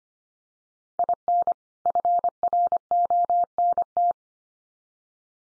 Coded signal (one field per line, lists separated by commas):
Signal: Morse code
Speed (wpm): 25 wpm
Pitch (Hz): 700 Hz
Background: none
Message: IN FRONT